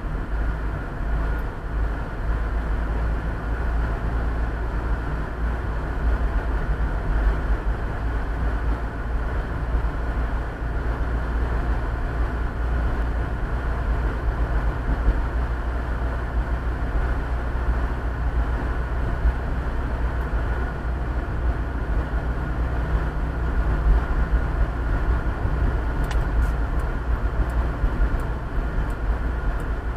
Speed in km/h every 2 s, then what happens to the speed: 42, 44, 46, 44, 45, 46, 47, 48, 49, 49, 49, 49, 48, 47, 46.
0-30 steady at about 47.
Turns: none.